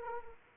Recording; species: mosquito wingbeat signal from an infrared sensor; Anopheles arabiensis